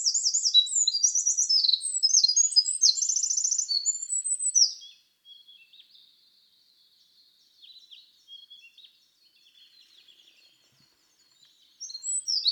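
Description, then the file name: Eurasian wren delivering a fast, shrill song of rattling trills and sharp high notes for about five seconds, then faint chips, with a new burst beginning at the end. "Troglodytes troglodytes"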